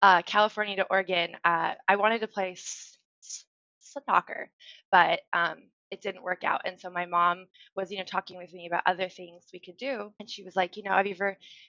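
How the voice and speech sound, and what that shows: Adult woman with a lifelong stutter speaking. Her speech shows stuttering, with repeated 's' sounds broken by pauses before a word and halting silent pauses mid-phrase. She is especially prone to blocks on the initial 'K' sound.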